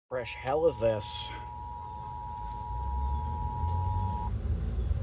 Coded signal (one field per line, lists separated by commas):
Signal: Emergency Alert System (SAME) tones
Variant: 853 and 960 Hz attention tone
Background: speech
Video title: SVR #2 on WRVZ (5/22/24) EAS 2515